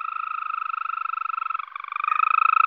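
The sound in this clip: European green toad trilling: a steady, rapidly pulsed, purring trill held throughout, briefly wavering midway before resuming slightly louder.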